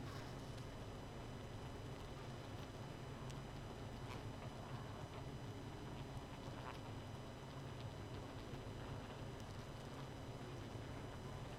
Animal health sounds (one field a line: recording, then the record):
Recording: honeybee colony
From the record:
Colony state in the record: missing queen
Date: 31 May 2018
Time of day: 23:44